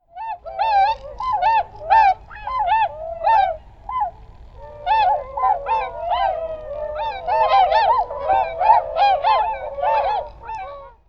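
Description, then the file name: Bewick's swan calls: a flock giving overlapping soft yelping honks, some rising then falling, in a near-continuous chorus with brief lulls. "Zwergschwan Jan-Sohler"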